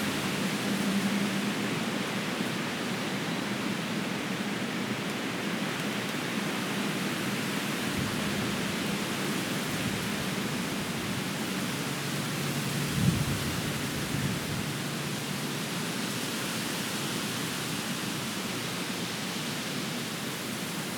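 Wind rushes through trees in a steady, dense hiss that spans from low rumble to bright airy tones, with little change in level across the clip. A brief soft bump stands out around thirteen seconds, and low rumbling thickens between eight and fifteen seconds.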